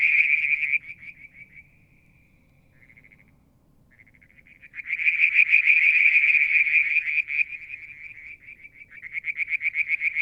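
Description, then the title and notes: Frog trilling in fast pulsed bursts, fading to a faint thin trill, then swelling into a loud dense trill and ending in evenly spaced pulses. Mount Wilson, New South Wales, Australia; July 2022; evening, near a water tank. "Frog song, Mount Wilson, New South Wales, Australia in July 2022 – by Alexander Moffatt. Limnodynastes Peronii, Litoria Verreauxii and a mystery frog one evening near the water tank"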